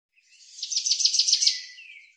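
Common chaffinch song: a quick run of bright, repeated notes, then a lower, fading flourish at the end.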